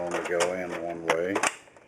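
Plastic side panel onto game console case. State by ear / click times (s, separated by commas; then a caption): not seated / none. Someone talks while lining up a plastic side panel against an Xbox 360 game console case during a red ring of death X-clamp repair, turning it sideways to find the one way it fits. The panel is only handled in this clip; nothing has seated or clicked yet.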